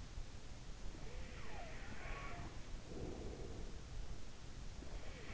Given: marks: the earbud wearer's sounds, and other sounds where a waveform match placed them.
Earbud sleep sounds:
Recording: sounds in sleep by an in-ear microphone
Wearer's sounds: breath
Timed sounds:
2.75-4.00 s: breath

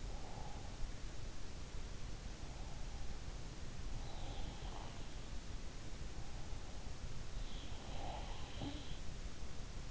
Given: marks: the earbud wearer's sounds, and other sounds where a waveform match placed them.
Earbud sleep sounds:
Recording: sounds in sleep by an in-ear microphone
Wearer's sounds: breath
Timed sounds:
0.00-1.03 s: breath
3.75-5.03 s: sound from someone else or the room
7.47-8.98 s: sound from someone else or the room

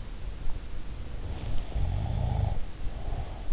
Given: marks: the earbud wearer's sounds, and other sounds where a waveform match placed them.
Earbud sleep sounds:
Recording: sounds in sleep by an in-ear microphone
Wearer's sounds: snoring breath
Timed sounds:
1.12-3.41 s: snoring breath

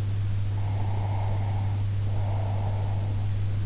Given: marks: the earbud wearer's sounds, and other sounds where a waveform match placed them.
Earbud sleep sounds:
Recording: sounds in sleep by an in-ear microphone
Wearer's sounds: breath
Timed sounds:
0.55-3.38 s: breath

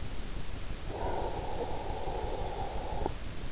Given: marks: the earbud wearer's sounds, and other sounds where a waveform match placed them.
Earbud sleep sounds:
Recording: sounds in sleep by an in-ear microphone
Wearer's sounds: breath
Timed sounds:
0.09-3.09 s: breath

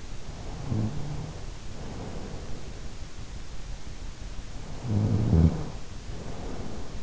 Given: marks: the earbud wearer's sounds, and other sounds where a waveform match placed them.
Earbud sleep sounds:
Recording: sounds in sleep by an in-ear microphone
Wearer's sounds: snoring breath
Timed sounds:
0.29-2.88 s: snoring breath
4.48-7.03 s: snoring breath

